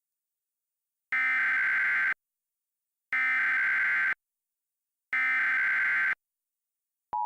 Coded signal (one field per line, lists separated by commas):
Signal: Emergency Alert System (SAME) tones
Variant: header bursts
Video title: EAS scenario: The Unknown Element (PREVIEW)